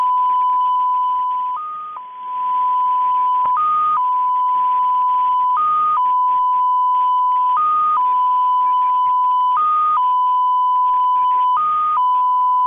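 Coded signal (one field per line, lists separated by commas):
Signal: multi-tone FSK (Olivia or MFSK type)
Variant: XPA2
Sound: steady mid tone with a brief higher step about every two seconds, over hissy static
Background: radio static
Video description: XPA2 is a digital mode of the Russian 7 operator. It utilizes a custom 14-tone MFSK system.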